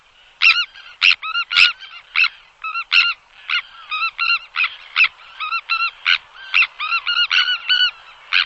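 Bird calling with harmonic, slightly rising-and-falling notes repeated rapidly in a long, steady series.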